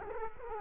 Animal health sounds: mosquito wingbeat signal from an infrared sensor; Culex quinquefasciatus

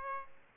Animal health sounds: mosquito wingbeat signal from an infrared sensor; Aedes aegypti

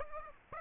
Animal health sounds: mosquito wingbeat signal from an infrared sensor; Aedes aegypti

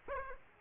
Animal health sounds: mosquito wingbeat signal from an infrared sensor; Aedes aegypti

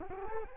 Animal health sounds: mosquito wingbeat signal from an infrared sensor; Culex quinquefasciatus

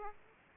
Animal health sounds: mosquito wingbeat signal from an infrared sensor; Aedes aegypti

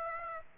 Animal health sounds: mosquito wingbeat signal from an infrared sensor; Aedes aegypti

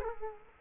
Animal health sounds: mosquito wingbeat signal from an infrared sensor; Culex quinquefasciatus

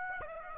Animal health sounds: mosquito wingbeat signal from an infrared sensor; Aedes aegypti

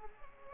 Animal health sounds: mosquito wingbeat signal from an infrared sensor; Culex pipiens

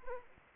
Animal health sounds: mosquito wingbeat signal from an infrared sensor; Anopheles arabiensis

